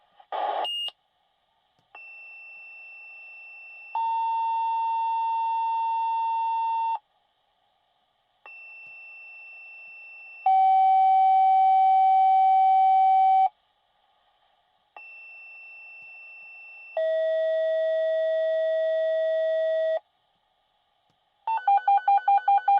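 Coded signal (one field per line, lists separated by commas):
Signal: two-tone page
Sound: three pairs of steady tones, each a shorter first tone then a longer second tone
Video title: Fire Department Dispatch Pager - Sound effect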